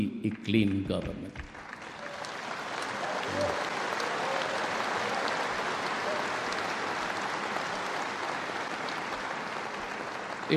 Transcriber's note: applause